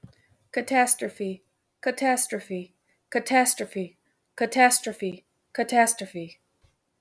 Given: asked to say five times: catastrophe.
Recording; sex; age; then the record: repeated word; female; 30 to 39 years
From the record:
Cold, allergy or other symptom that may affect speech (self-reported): no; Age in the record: 36 years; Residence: Michigan, United States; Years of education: 14